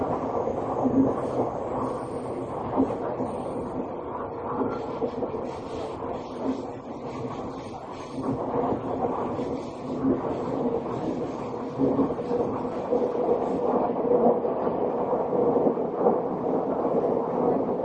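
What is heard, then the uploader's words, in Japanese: A Tokyo Metro 7000 series train running between stations, heard as a steady, dense rumble concentrated in the low and middle range. The roar holds fairly even throughout, with faint whining tones and occasional brief rattles and clunks, and a thin high hiss early on. 東京メトロ7000系 新木場〜練馬。車体は20m両開き4扉のアルミニウム合金製。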